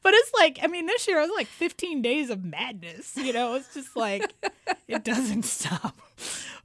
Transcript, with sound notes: but it's like - I mean, this year, it was like 15 days of madness, you know?
(Laughter).
It was just like it doesn't stop.